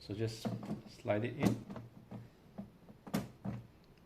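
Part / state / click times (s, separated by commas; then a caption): monitor panel onto its stand mount / seated / 3.1 s. Someone talks while the Asus ROG Strix OLED XG27AQWMG 26.5-inch 280 Hz gaming monitor panel is slid by hand onto its toolless plastic-and-metal stand bracket, with a few soft knocks along the way. A sharp click at 3.1 s marks the panel locking onto the stand mount, and it is seated.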